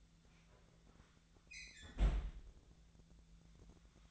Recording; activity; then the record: daily activity, microphone in the room; close fridge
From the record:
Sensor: 3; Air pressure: 1009.7 hPa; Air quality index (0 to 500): 192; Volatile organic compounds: 15 ppm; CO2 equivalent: 2504 ppm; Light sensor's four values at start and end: 38/94/40/43 and 38/94/40/43